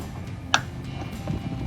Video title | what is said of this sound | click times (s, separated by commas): 2015-2022 F150 Morimoto XB LED License Plate Lights Review & Install | You hear the little snap, and you're done. | 0.5 s